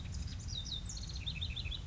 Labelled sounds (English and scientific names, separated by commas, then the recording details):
House Wren (Troglodytes aedon)
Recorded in Sonoma County, California